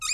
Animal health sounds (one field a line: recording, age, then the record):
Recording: pig call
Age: weaner (32 to 43 days)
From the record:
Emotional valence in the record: negative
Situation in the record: novel object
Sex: female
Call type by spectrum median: high-frequency call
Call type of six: high-frequency stable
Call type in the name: high-frequency stable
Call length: 0.14 s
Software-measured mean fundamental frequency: 1545 Hz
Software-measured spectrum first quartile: 3344 Hz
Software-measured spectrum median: 5289 Hz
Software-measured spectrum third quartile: 7363 Hz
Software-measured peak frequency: 7392 Hz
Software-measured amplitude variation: 119 dB a second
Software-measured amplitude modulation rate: 14.4 a second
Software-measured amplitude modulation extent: 8.2 dB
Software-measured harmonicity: 13.6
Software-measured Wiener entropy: -4.03